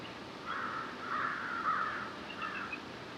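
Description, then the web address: Crow cawing, a run of harsh, hoarse calls in three bursts over about three seconds, the middle burst longest, with steady low background hiss. "Electra Quinney. Crows"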